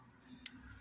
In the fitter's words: tab back in that locks it in